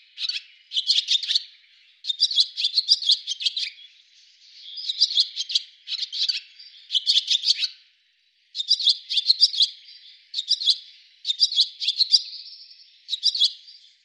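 Bird twittering in bursts of rapid, clicking high notes, repeated with brief pauses throughout.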